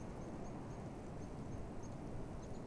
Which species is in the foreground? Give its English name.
Common Blackbird